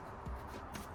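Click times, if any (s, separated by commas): none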